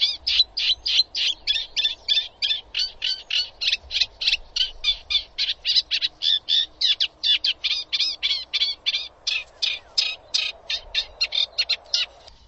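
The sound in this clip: Bird giving a long fast series of sharp, high chattering notes, about three to four per second, steady throughout over faint low hum.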